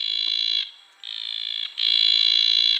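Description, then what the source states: Bleating tree frog giving loud, drawn-out nasal calls with a bright buzzy tone, three long notes in a row, the first two each under a second, the last one longer. Described as a super loud croak.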